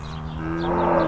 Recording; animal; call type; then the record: contact call of a hoofed animal; cattle; low-frequency (closed-mouth) or high-frequency (open-mouth) call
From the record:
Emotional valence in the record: negative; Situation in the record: full separation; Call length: 1.08 s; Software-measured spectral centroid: 1250 Hz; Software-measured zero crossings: 1230 a second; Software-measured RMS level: -23 dBFS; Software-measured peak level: -6 dBFS